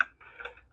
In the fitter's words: None of this is screwed in. It just all pressure fits right there. You'll hear a snap.